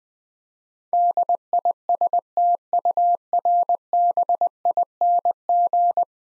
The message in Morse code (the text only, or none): DISTURBING